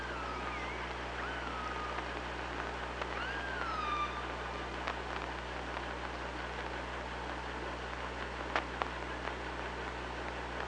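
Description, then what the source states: Killer whale calls: several wavering, bending tones in the first few seconds, one ending in a downward slide, then only underwater hiss and a few loud clicks. Underwater hydrophone recording from OrcaLab, 24 August 2017, at 06:00.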